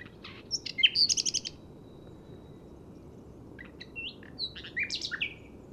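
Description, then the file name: Common nightingale song with a rapid stuttering trill of repeated notes early on, then a pause and a run of varied slurred chirps and whistles, low rumble beneath. "Luscinia megarhynchos"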